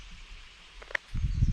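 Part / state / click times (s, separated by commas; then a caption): smartphone into waterproof case / seated / 0.9 s. A smartphone is pressed into its waterproof case, which mounts on a GoPro slide on a bike handlebar. After faint background noise, a single sharp click sounds at 1.0 s, followed by low rumbling noise. The phone is clipped into the case.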